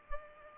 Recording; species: mosquito wingbeat signal from an infrared sensor; Culex pipiens